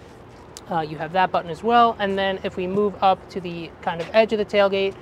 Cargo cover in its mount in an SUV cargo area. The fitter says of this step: there's also a button that some people might not know about over here tucked away you can press this to unlock the cargo cover that snaps into place right here so